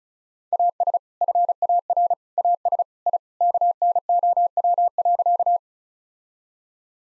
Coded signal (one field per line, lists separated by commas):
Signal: Morse code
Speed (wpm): 36 wpm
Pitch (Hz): 700 Hz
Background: none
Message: AS FAR AS I KNOW.